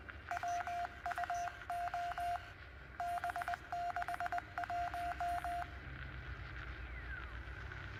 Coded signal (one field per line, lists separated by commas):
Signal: Morse code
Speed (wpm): 20 wpm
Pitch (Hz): 700 Hz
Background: radio noise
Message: WUO B61